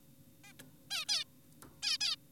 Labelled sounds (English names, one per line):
Zebra Finch